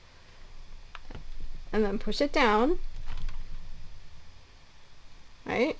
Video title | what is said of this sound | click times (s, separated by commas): My New BetterPress Technique! Featuring the Spellbinders Morning Glory Press Plates | so then you line it up and you'll hear it clicking okay | 0.9 s